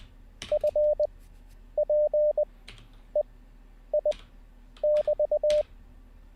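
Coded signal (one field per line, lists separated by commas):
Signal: Morse code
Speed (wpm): 20 wpm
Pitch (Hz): 600 Hz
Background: none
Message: F P E I <BT>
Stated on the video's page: Live-streamed Morse code learning practice session.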